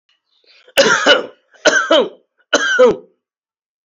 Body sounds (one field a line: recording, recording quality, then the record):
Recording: heavy voluntary cough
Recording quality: excellent, no background noise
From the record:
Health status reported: healthy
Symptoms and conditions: diabetes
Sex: male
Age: 55 years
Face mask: not worn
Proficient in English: yes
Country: India